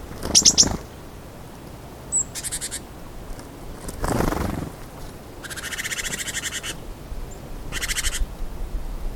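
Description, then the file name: Great tit churring calls: a few harsh buzzy bursts separated by pauses, with a brief low rumble between them. "Parus major"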